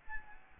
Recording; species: mosquito wingbeat signal from an infrared sensor; Aedes albopictus